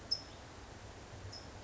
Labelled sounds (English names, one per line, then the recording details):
California Towhee
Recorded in Sonoma County, California